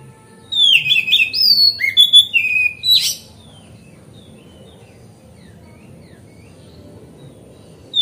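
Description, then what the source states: Oriental magpie-robin song, a quick three-second burst of whistles and a harsh rasping note, then silence with faint hum. Kacer song used as masteran (tutoring other birds), on a terrace.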